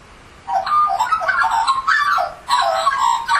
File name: australian magpie